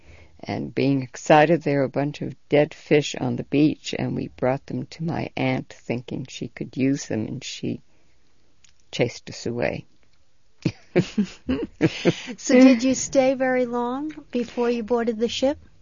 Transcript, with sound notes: and being excited, there were a bunch of dead fish on the beach, and we brought them to my aunt thinking she could use them, and she chased us away. ( they laugh )
So did you stay very long before you boarded the ship?